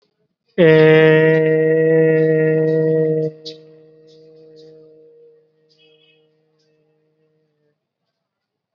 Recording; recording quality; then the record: sustained vowel as in made; excellent, no background noise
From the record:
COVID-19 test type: RT-PCR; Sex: male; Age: 19 years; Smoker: no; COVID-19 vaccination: both doses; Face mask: worn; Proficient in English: yes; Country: India